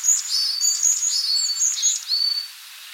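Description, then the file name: Varied tit: a brief, dense string of high, thin notes that ends in a drawn-out lower whistle. "Parus varius"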